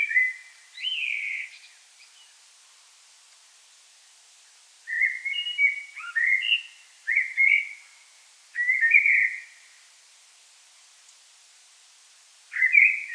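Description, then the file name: Common blackbird singing mellow fluted phrases with squeaky twittered endings, delivered in bursts separated by pauses of a few seconds, over faint steady hiss. "Turdus merula"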